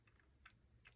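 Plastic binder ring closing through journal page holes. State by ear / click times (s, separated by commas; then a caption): seated / 0.5 s. A soft plastic binder ring, threaded through the punched holes of an art journal, is snapped closed by hand. A short, sharp tick at 0.5 s marks the ring clipping shut, followed by a couple of fainter ticks near 0.9 s. The ring is seated and closed.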